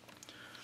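A Better-Mag magazine adapter is pushed all the way up into the lower receiver of an M&P15-22 .22LR AR15 rifle. It clicks home at 0.2 seconds and is engaged.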